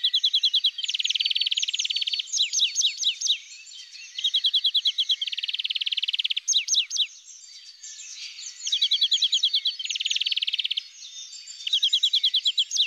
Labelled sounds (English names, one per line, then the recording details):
European Greenfinch song
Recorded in the wild
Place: Freiburg im Breisgau / Lehen, Baden-Württemberg, DE
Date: 2002-04-20
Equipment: MiniDisc Sharp MT 20 H
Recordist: Schwarz, Dieter
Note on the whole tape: Song